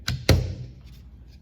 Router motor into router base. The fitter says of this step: Slide that down, you'll hear it click in.